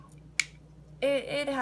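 A glass top is put back onto a rebuildable dripper atomizer. One sharp snap is heard at 0.4 s as it seats, followed by someone talking.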